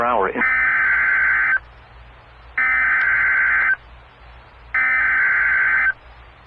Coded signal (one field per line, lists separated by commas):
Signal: Emergency Alert System (SAME) tones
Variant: header bursts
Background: speech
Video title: (EAS#85) Severe Thunderstorm Watch#441